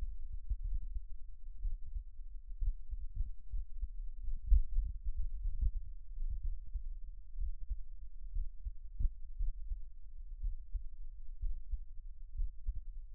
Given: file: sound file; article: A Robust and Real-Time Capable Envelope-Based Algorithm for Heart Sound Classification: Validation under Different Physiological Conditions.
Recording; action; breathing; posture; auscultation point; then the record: heart sounds by electronic stethoscope; rest; normal; sitting; sternum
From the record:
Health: healthy, no known heart disease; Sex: male